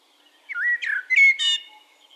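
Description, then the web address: Eurasian blackbird song: two low fluted whistles followed by a bright, squeaky high-pitched flourish. "SETE data Turdus merula"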